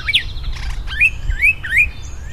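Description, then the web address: Bird calls: clear whistled notes, each sliding up then leveling, given three times in quick succession. Recorded April 2010; the bird is unidentified. "birds April-2010 mystery bird"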